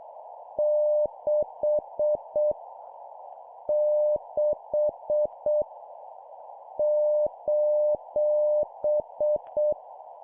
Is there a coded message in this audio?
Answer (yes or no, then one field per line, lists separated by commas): yes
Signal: Morse code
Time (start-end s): 0.6-9.7 s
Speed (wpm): 7 wpm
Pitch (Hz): 600 Hz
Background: none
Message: 6 6 :